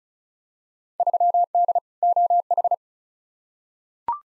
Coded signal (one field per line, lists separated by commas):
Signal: Morse code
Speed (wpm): 34 wpm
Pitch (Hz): 700 Hz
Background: none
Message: 3D OH